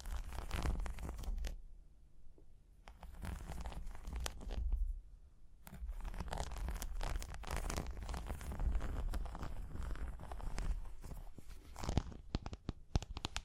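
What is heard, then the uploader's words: Dense tapping and scratching, with sharp clicks and rough rubbing strokes packed tightly together. The sound briefly thins out near the two-second mark and again around five seconds. A low, steady rumble sits underneath throughout. ASMR Triggers SOOO Soothing You’ll Want to Sleep Tapping and Scratching (No Talking).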